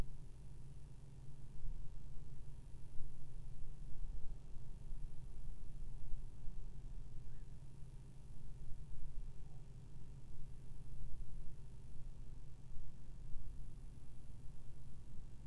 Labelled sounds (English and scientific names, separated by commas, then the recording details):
Black-crowned Night-Heron (Nycticorax nycticorax), unidentified sound
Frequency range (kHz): Black-crowned Night-Heron (Nycticorax nycticorax) 1.5-1.9 kHz
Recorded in France